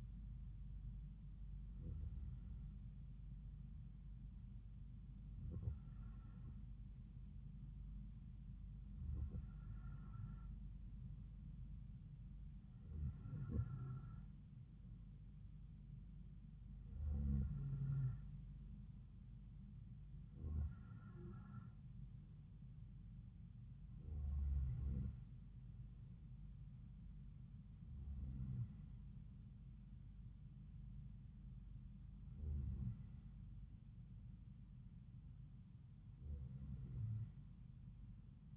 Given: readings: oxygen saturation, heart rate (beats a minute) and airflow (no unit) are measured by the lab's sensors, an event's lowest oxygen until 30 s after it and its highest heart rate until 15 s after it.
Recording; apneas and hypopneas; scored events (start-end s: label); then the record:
breathing in sleep by a smartphone at the bedside; none
none scored
From the record:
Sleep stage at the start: N2 (light sleep); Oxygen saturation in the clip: 92 to 94%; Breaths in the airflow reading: 10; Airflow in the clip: -4.2 to 3.4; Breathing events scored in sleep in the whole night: 270 in 6.1 hours asleep